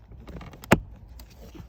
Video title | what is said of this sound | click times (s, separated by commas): VW Golf Heater Fan Only Works on 4? Easy Resistor Fix | okay so that just goes in and then slides and locks into place | 0.7 s